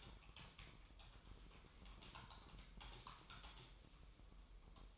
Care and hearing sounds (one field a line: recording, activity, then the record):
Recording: daily activity, microphone in the room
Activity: typing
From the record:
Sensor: 1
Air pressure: 988.8 hPa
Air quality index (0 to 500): 204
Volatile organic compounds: 1000 ppm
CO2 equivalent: 5430 ppm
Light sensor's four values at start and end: 25/93/35/36 and 25/93/35/37